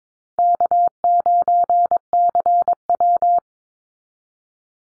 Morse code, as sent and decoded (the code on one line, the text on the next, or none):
-.- ----. -.-. .--
K9CW